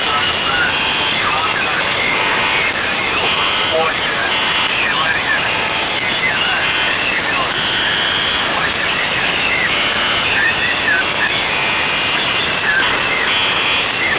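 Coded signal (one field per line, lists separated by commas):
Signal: numbers station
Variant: UVB-76, Russian voice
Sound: a faint voice reading a message, buried in steady shortwave static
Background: radio static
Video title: The Buzzer/UVB-76(4625Khz) June 13th, 2023 18:11UTC Voice message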